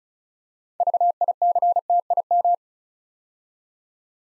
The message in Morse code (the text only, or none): VICTIM